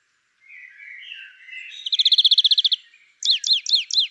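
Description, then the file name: European greenfinch calls: soft wheezy drawn notes, then a rapid even trill of about a dozen notes, followed by four sharp downslurred chirps. "Chloris chloris"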